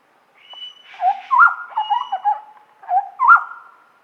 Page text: Large Scimitar Babbler Call. Quick Sounds